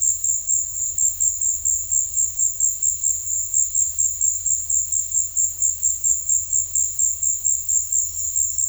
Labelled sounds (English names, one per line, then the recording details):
none
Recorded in secondary vegetation near Puerto Asís, Putumayo, Colombia, on 28 February 2025 at 15:30
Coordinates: 0.484, -76.319
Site G010